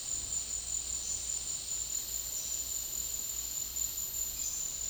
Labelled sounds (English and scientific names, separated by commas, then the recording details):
none
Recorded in dense forest near Puerto Asís, Putumayo, Colombia, on 4 March 2025 at 11:00
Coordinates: 0.499, -76.324
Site GP03